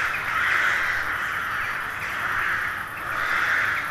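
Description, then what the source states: Crows massed together, their hoarse caws merging into one continuous, gently pulsing roar. Hundreds of crows settling to roost for the night in a poplar wood at Neuflize, in winter at nightfall.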